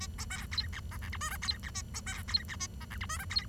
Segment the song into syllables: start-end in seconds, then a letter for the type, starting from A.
0.00-0.07 A, 0.18-0.25 B, 0.30-0.46 C, 0.51-0.67 D, 0.73-0.80 E, 0.91-0.97 F, 1.02-1.09 G, 1.12-1.17 H, 1.21-1.30 I, 1.30-1.37 J, 1.42-1.58 D, 1.63-1.70 E, 1.74-1.82 A, 1.94-2.00 B, 2.06-2.22 C, 2.28-2.43 D, 2.48-2.56 E, 2.60-2.67 A, 2.81-2.85 F, 2.90-2.97 G, 3.01-3.06 H, 3.09-3.18 I, 3.19-3.25 J, 3.30-3.44 D